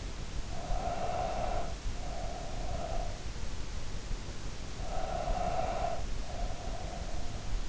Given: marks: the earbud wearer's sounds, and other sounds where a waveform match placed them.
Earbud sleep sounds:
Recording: sounds in sleep by an in-ear microphone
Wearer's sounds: breath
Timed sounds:
0.27-3.47 s: breath
4.80-7.69 s: breath

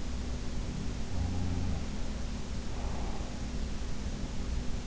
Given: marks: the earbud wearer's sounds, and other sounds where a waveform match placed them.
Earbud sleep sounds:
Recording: sounds in sleep by an in-ear microphone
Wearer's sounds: breath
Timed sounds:
1.07-1.87 s: sound from someone else or the room
2.70-3.36 s: breath

